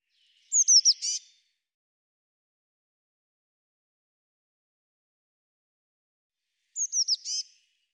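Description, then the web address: Eurasian blue tit calls twice, high thin descending notes closed by a short buzzy rattle, the two calls separated by several seconds of quiet. "cianscape birddata Deverinetal 2025 File cleaned normalized Bird Cy Ca"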